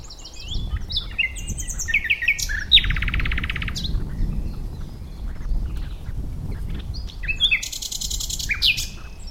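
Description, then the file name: Common nightingale delivering varied phrases: high chattering notes, a dense grating rattle, and sharp downward slurs, phrase after phrase. "Luscinia megarhynchos"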